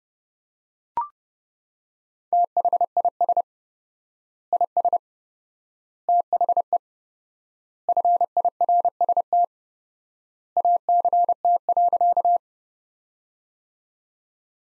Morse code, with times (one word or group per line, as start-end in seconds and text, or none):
2.3-3.4 THIS
4.5-5.0 IS
6.1-6.8 THE
7.9-9.4 FIRST
10.6-12.4 ACT.